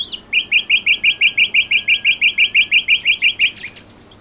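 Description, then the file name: Common nightingale song: a fast, even series of many repeated rich chirping notes, ending in a brief buzzy flourish. "Luscinia megarhynchos"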